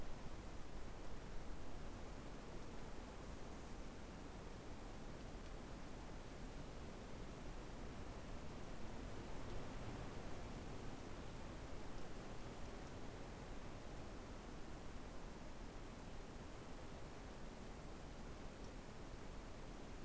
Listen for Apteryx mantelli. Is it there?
no